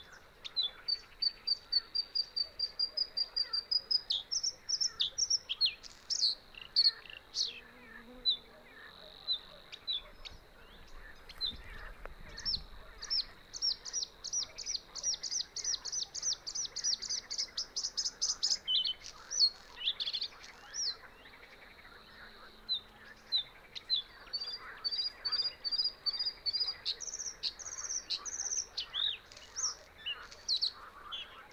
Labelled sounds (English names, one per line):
Bluethroat song